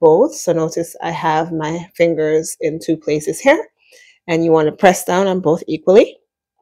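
Someone talks while a plastic embroidery hoop, its two grooves set over the two screws of a PE 800 embroidery machine's carriage arm, is handled and pressed down equally with fingers in two places. The hoop has not snapped into place yet; nothing has seated or clicked.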